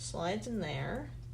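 A plastic model kit part with a small notch inside is slid onto its mating joint part while someone talks. No click is heard, and the part has not seated in its socket yet.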